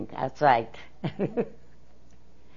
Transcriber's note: she laughs